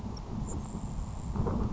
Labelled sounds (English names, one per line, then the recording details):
Grasshopper Sparrow
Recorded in Sonoma County, California